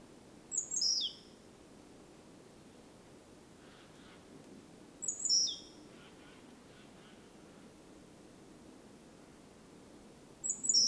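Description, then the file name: Great tit calls: high, thin downward-sliding notes repeated about every five seconds, with faint background hiss. "Parus major"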